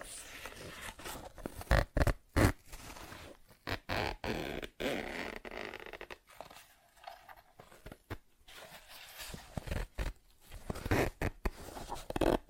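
Tapping, scratching and zipper sounds in a busy, irregular stream. Sharp taps and short bursts land every second or so, loudest around 2, 4–5 and 11 seconds. Scratchy, rasping textures fill the gaps, with a quieter stretch near 7 seconds.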